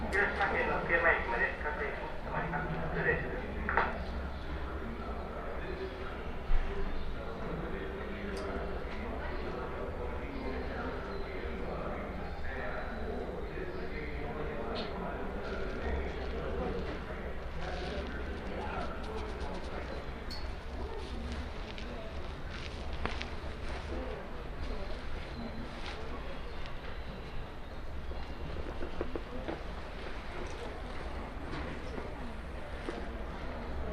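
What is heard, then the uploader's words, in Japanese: A night walk through the Bikan historic quarter, with a steady low rumble underneath and a busy murmur of voices throughout. Footsteps and small clicks and taps come through, with a few louder knocks early on, near three and six seconds. 夜の美観地区を歩いてみました。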